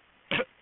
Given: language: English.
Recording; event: throat vibration sensor signal played as sound; cough